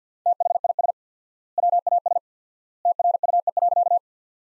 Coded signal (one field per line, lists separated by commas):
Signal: Morse code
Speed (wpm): 50 wpm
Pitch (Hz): 700 Hz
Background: none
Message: THIS WAS TRUE.